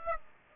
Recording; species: mosquito wingbeat signal from an infrared sensor; Aedes aegypti